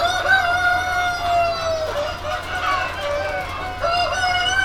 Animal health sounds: poultry house recording; healthy chickens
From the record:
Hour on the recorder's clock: 20

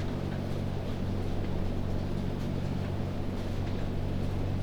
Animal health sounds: poultry house recording; no chicken sound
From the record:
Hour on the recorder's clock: 22

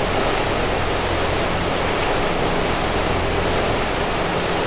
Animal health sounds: poultry house recording; no chicken sound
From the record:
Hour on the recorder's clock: 17

